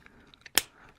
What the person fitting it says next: there we go nice solid click I love it